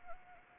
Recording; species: mosquito wingbeat signal from an infrared sensor; Anopheles arabiensis